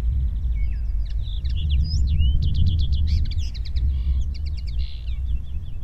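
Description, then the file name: Common linnet song: lively twittering mix of rising whistles, clipped chirps and short rattles in quick succession, over a persistent low rumble. "Common Linnet Singing"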